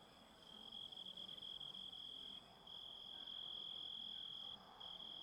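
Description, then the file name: Grasshopper calling in a high, slightly stuttering buzz that starts after a moment's quiet, with two short breaks later on. Composite of grasshopper sounds. "engisprettur samsett hljo rit"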